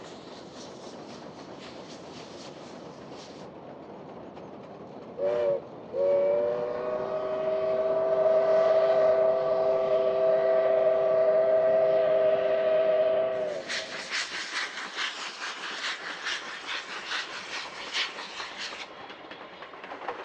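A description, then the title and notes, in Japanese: A steam locomotive on a main line sounds a brief whistle toot near five seconds, then a long, steady chord-like whistle lasting about seven seconds. After it, sharp bursts of hissing steam and rhythmic rushing noise fill the remaining seconds over a low outdoor rumble. 大井川鐵道・本線を走る「かわね路号」や臨時SL急行です。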